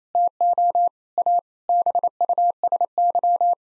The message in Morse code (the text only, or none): TO A BUSY